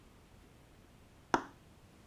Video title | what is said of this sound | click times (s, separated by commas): IoT LoRa Gateways & Nodes for Raspberry Pi, Arduino & BBC micro:bit - Unboxing & First Look | push it over the top of the connector and push firmly down until you hear the clicking noise and | 1.3 s